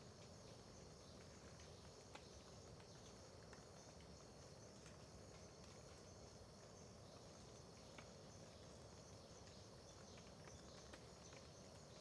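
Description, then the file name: Crickets keep up a constant high whirring band while irregular dripping clicks fall throughout over low rumble. Crickets at Terra Ronca park near the road at dawn, with dripping water; AB stereo recording. "Ambiencia parque terra ronca perto da estrada amanhecer com bacurau, gotejar, grilos"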